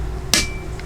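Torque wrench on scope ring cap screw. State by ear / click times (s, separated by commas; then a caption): torque reached / 0.3 s. A torque wrench tightens the alternating cap screw on a CVLife 7075 aluminum scope ring and reaches its setting, giving a sharp, bright click at 0.3 s. A much fainter short tick follows at about 0.8 s over a low steady background.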